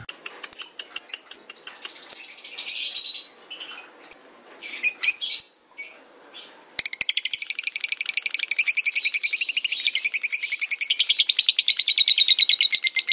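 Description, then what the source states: Lovebird sound starting with scattered chirps and squeaky bursts, then settling into a long, steady, rapid buzzy trill for the second half. Lovebird giving its long 'ngekek' trill, used as a lure song.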